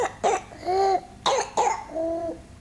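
Young child with croup: harsh, seal-like barking coughs, with brief high-pitched tonal sounds between the coughs. The croup is due to a viral infection of the upper airway (windpipe/trachea).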